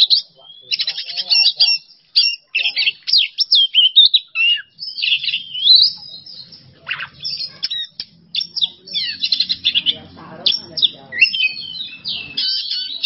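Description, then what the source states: Oriental magpie-robin with a long medley of sharp whistles, scratchy notes and rapid stuttering chatter, loud phrases following one after another. Masteran training recording for songbirds; kacer song in 'bongkar isian emosi' style.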